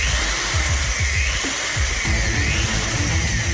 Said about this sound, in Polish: A teraz solo na wiertarce. Ale czad.